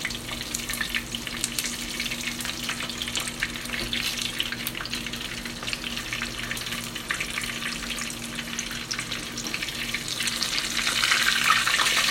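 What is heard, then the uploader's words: Menchi katsu fries in oil with a dense, steady crackle of bright pops, swelling louder near the end over a faint low hum. Frying Menchi Katsu (Japanese Ground Meat Cutlet).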